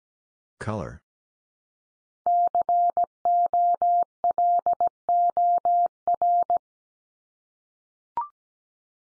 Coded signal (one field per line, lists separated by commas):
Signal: Morse code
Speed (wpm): 17 wpm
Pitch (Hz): 700 Hz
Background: none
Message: COLOR